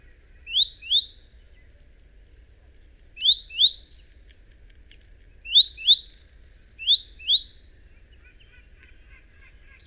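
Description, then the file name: Great tit song: paired high notes, a two-note phrase repeated every couple of seconds, clear and ringing. "Parus major"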